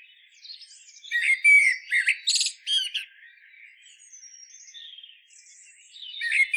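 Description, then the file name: Common blackbird phrase of warbled notes and buzzy high twitters, followed by soft faint high notes and a louder note at the end. "Turdus merula"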